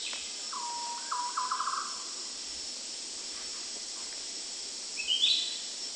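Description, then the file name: Green broadbill giving a short note, then a bubbling trill lasting about a second, over constant insect-like hiss, with a higher chirp near the end. "suara burung madi hijau kecil"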